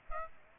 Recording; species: mosquito wingbeat signal from an infrared sensor; Aedes aegypti